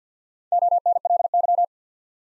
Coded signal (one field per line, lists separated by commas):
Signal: Morse code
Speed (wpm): 51 wpm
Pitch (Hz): 700 Hz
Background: none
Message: ONLY